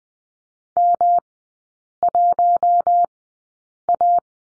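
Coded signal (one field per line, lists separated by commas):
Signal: Morse code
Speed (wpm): 20 wpm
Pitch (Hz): 700 Hz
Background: none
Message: M1A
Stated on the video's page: Morse code course lesson on the letter M, three-character groups, sent at Farnsworth speed 20/10 wpm.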